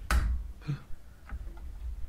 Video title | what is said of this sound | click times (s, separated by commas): Hubby Learns to Quilt - Update 1 | doing all sorts of backwards and then you put it in and until it snaps | 0.1 s